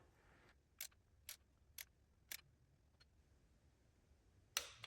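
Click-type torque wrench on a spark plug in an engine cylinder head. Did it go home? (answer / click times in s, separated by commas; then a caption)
yes / 4.6 s. A spark plug in an engine cylinder head is tightened with a click-type torque wrench, the hand held back on the handle. Short, sharp ticks come at about 0.8, 1.3, 1.8 and 2.3 seconds. Then a louder single click at 4.6 seconds marks the wrench reaching its set torque.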